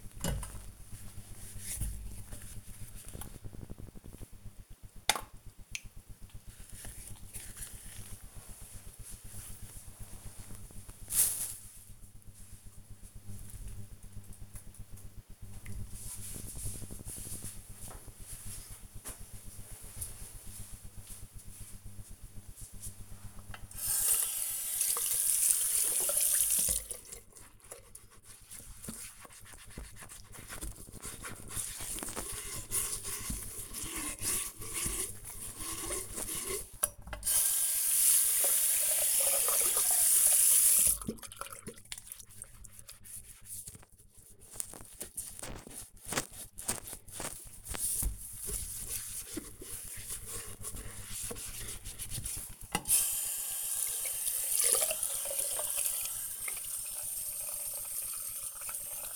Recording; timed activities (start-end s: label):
household activities, microphone on the right wrist
0.00-9.90 s: bathroom cleaning (washbasin)
16.96-59.16 s: bathroom cleaning (washbasin)